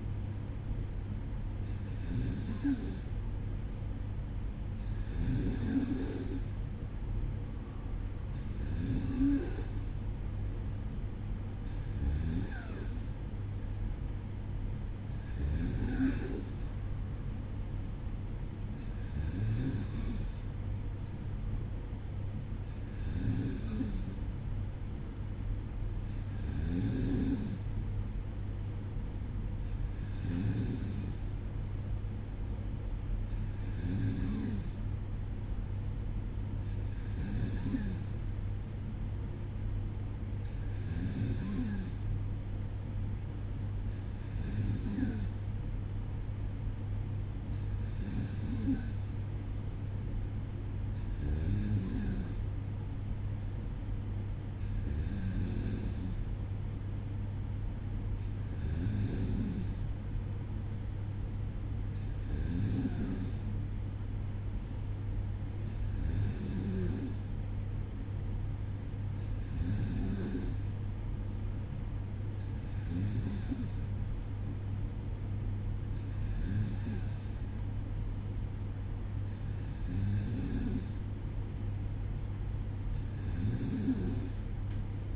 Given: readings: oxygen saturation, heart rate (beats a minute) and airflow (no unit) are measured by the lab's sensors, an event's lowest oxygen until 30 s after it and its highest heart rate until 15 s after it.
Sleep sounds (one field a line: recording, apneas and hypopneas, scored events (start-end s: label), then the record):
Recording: breathing in sleep by a smartphone at the bedside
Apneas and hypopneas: none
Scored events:
none scored
From the record:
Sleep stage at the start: N2 (light sleep)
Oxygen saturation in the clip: 93 to 94%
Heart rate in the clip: 55 to 58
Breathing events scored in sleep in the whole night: 305 in 9.6 hours asleep